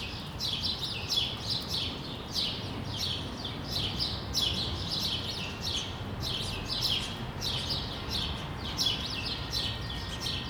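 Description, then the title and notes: Sparrow chirps repeated many times, loose and uneven, over constant low background noise. Several sparrows on a street in Brussels, Belgium, recorded on World Sparrow Day with a microphone and portable recorder. "Rue de l'épargne, Bruxelles, Bruxelles-Capitale, Belgique - World Sparrow Day. Sparrows - moineaux"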